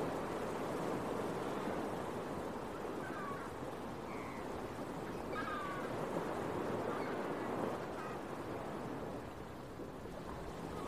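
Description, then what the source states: Gull calls, a few short mewing cries with stacked harmonics, set against a constant roar of breaking surf. Recorded at a beach early in the morning with waves.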